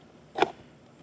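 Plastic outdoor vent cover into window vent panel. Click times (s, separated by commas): 0.4 s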